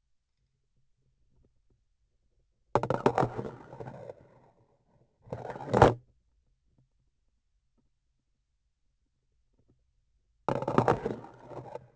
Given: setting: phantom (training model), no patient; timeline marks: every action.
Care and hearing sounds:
laparoscopic instrument, vibration sensor on the handle end; grasping forceps
2.71-4.57 s: insertion through the trocar
5.25-6.01 s: removal through the trocar
10.42-11.89 s: insertion through the trocar
From the record:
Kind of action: spatial motion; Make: other than Olympus

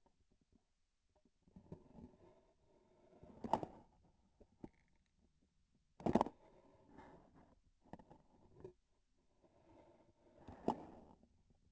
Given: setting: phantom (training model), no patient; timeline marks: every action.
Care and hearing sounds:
laparoscopic instrument, vibration sensor on the handle end; grasping forceps
3.10-4.03 s: grasping tissue
5.91-6.44 s: releasing tissue
10.17-11.20 s: grasping tissue
From the record:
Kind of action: gesture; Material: synthetic tissue

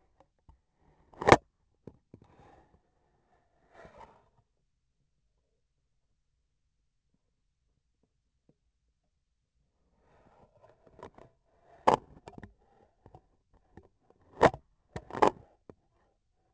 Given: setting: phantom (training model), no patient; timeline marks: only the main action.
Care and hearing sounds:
laparoscopic instrument, vibration sensor on the handle end; scissors
1.00-1.56 s: cutting thread
14.10-15.85 s: cutting thread
From the record:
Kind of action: gesture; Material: cotton thread

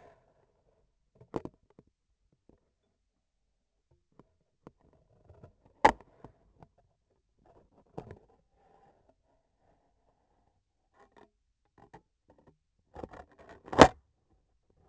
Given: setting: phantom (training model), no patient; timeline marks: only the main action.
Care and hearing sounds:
laparoscopic instrument, vibration sensor on the handle end; scissors
13.60-13.98 s: cutting thread
From the record:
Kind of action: gesture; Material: cotton thread

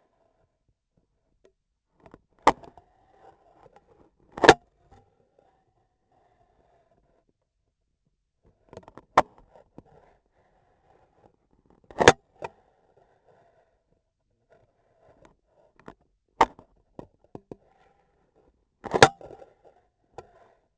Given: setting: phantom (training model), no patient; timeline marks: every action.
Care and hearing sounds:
laparoscopic instrument, vibration sensor on the handle end; scissors
2.28-2.89 s: scissors opening
4.16-4.74 s: cutting foam
8.38-9.72 s: scissors opening
11.81-12.29 s: cutting foam
16.24-16.75 s: scissors opening
18.76-19.98 s: cutting foam
From the record:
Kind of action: gesture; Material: foam

